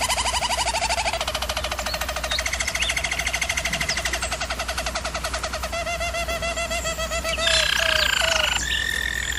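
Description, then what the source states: German Roller canary singing fast, rhythmic rolled trills that change character every couple of seconds, with a louder, higher roll near the end. German Roller canary singing, used for training canaries.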